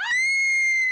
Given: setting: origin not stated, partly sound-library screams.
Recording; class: one-second piece from a danger detection set; woman in danger